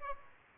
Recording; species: mosquito wingbeat signal from an infrared sensor; Aedes aegypti